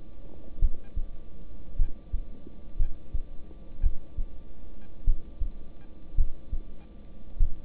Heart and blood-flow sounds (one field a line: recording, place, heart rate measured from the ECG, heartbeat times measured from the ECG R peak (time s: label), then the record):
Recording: heart sounds by stethoscope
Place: between the tricuspid and mitral areas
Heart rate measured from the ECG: 53 bpm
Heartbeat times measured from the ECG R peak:
0.59 s: heartbeat
1.76 s: heartbeat
2.77 s: heartbeat
3.81 s: heartbeat
5.04 s: heartbeat
6.15 s: heartbeat
7.37 s: heartbeat
From the record:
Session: rest, lying down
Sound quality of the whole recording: good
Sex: male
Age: 26 years